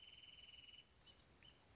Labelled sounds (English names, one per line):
Wrentit